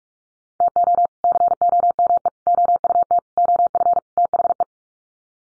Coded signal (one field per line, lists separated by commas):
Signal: Morse code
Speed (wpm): 44 wpm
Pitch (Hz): 700 Hz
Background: none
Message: TO COME OUT OF THE